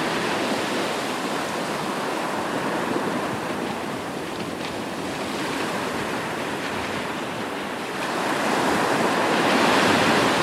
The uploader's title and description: Ocean Waves of Hawaii. The natural white noise of these ocean waves from Hawaii